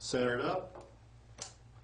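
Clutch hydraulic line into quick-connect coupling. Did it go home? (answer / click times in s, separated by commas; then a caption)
yes / 1.4 s. Under a vehicle, a hydraulic clutch line is centred and pushed into its quick-connect coupling and given a tug. Someone talks at the start, then a sharp click at 1.4 s marks the retaining clip locking onto the connector shoulder. The line is seated and locked in.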